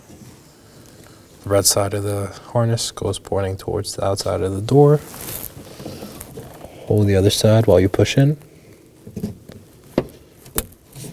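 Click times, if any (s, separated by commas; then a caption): 10.6 s. Someone talks while a plastic wiring harness connector, red side pointing toward the outside of the door, is pushed into the front exterior door handle of a 2018-2024 Chevrolet Equinox as the other side is held. After a few light taps and handling noises, a sharp click sounds at 10.6 s as the connector seats.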